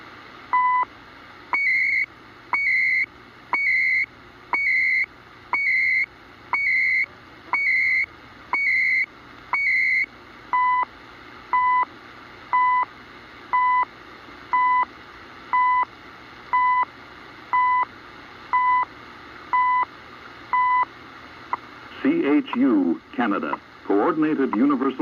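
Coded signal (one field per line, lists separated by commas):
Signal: radio time signal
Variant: CHU Canada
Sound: steady once-a-second ticks, about ten higher-pitched then a dozen 1 kHz beeps, then talking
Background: radio static, man speaking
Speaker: That's CHU Canada on 14.670 MHz from Ottawa, Ontario, and Canada with 3 kW of power.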